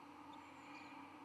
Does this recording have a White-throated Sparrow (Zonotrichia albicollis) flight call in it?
no